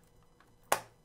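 After a hard drive is installed in an HP Pavilion laptop, the plastic top cover is pressed back onto the laptop base. After quiet low-level background, one sharp, bright snap is heard at 0.7 s and fades within about a tenth of a second. The cover's clips snap into the base and it is seated.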